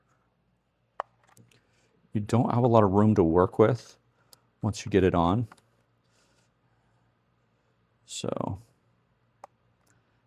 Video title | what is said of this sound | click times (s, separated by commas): Install Included. Open this lock with phone, palm, key, code and face | you'll hear a little click. | 9.4 s